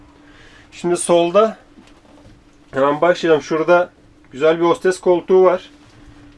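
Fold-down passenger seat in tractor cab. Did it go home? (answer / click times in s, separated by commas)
no / none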